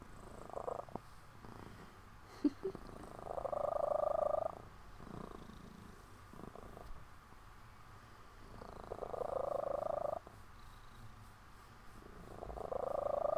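Cat: kitten purr coming in several vibrating bursts, with a few sharp clicks in the quieter gaps.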